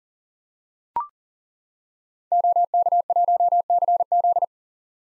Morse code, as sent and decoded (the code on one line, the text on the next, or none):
--- -.- .---- -.-. --..
OK1CZ